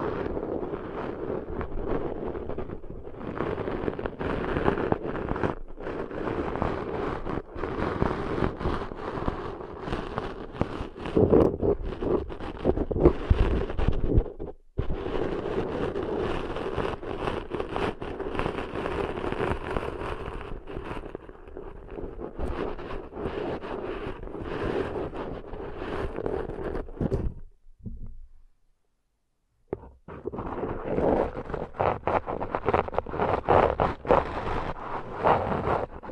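Deep ear cleaning sounds: dense, rough scraping and rustling that runs almost continuously, with a steady muffled low rumble underneath. Brief gaps break it near 5, 14 and 27 seconds, and a near-silent pause around 28–30 seconds before the scratching resumes.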